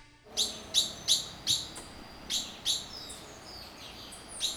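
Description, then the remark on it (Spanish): Toucans and hummingbirds, along with howler monkeys, calling just before dawn in the forests on the banks of the Veracruz river at Guasimal de Punta Arenas: a run of bright, high chirps repeating in a quick, steady rhythm, with softer tweets and a faint hum beneath, and no voices. “Poco antes del amanecer despiertan los congos, tucanes y colibríes que viven en los bosques de sus orillas.”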